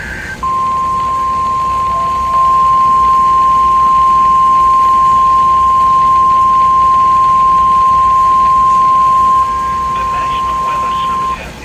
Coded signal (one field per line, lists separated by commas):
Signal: Emergency Alert System (SAME) tones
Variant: 1050 Hz attention tone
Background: speech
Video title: PURE MAYHEM 4: Part 3 | EAS Alerts from 7/17/24 | EAS#1,014-1,050